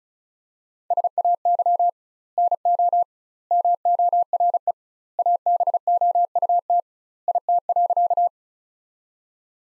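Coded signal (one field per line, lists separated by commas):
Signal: Morse code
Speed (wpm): 36 wpm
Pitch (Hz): 700 Hz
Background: none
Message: SAY NO MORE ABOUT IT.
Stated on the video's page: Morse practice sentences built from the 200 most common words, sent at 35 wpm with double word spacing, a word-level analogue of Farnsworth spacing.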